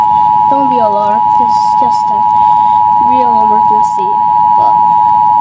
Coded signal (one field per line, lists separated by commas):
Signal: Emergency Alert System (SAME) tones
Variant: 853 and 960 Hz attention tone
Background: speech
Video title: EAS Hurricane Irma Evacuation September 12 2017